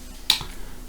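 A plastic part of a 1:8 scale Citroën 2CV AZLP model car kit is clipped into its mounting, giving one sharp snap at 0.3 s. The part seats, but it has been clipped in facing the wrong way round.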